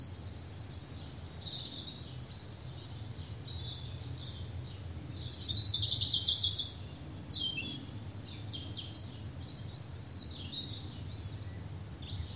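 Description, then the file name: European robin singing high, thin, varied phrases with sliding whistles and short trills, a louder burst midway, over steady low background noise. "Erithacus rubecula"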